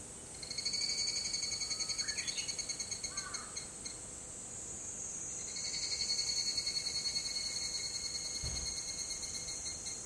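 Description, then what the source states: Higurashi cicada calling in two bouts of high, metallic, pulsed trilling, the first fading away, with a couple of bird chirps and a low thump near the end. Call is named by the local word kanakana.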